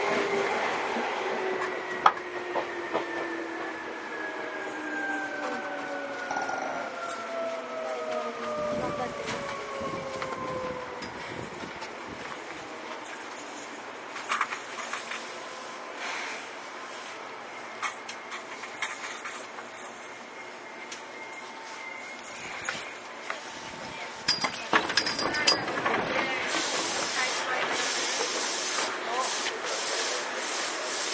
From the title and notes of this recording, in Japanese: 西武旧2000系 西武新宿〜本川越。今回は急行運用を録音しました。モーターはMT54系の界磁チョッパ対応改良の独自型。